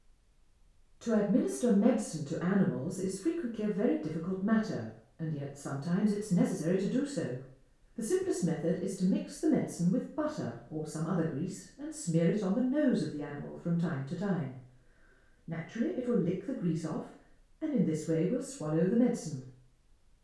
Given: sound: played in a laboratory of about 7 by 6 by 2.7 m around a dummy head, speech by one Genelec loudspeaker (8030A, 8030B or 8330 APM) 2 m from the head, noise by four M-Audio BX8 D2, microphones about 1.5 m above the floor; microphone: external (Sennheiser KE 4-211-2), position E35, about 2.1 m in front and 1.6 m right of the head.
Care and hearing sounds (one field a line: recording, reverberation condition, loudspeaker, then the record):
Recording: female speech in English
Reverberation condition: medium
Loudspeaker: 60 degrees to the right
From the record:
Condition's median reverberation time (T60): about 510 ms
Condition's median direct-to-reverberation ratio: about -0.5 dB